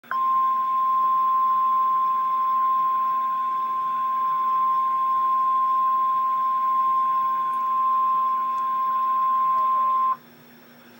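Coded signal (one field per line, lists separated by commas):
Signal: Emergency Alert System (SAME) tones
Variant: 1050 Hz attention tone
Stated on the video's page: Real special marine warning alert.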